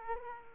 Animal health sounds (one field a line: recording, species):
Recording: mosquito wingbeat signal from an infrared sensor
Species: Aedes aegypti